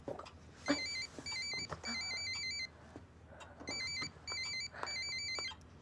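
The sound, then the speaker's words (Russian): A mobile phone rings with a rapid, high-pitched electronic warble in two long bursts separated by a short pause, over faint background clatter and rustling. “но опускает его на диван, чтобы взять мобильный.”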